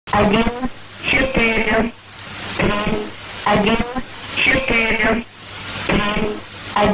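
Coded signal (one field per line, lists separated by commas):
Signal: numbers station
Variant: S06s Russian Lady, Russian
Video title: 01 02 2018 S06s Russian Lady numbers station in Russian to Eu 0940 on 9540 unknown tx site in CUSB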